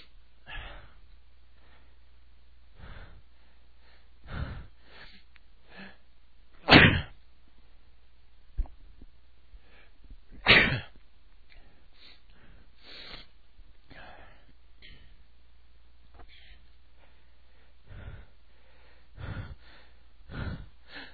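An adult man makes a string of short, sharp breathy bursts and catches, about 16 a minute, the strongest near 7 and 10.5 seconds. These are sneeze-like false starts: the build-up and partial release of a sneeze that never fully comes.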